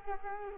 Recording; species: mosquito wingbeat signal from an infrared sensor; Culex quinquefasciatus